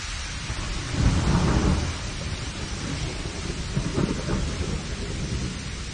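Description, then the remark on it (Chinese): Heavy rain hisses steadily through a thunderstorm, with a deep rolling rumble of thunder swelling around the first second and another softer rumble later, no voices present. “下雨了，看到大家妈都在跑”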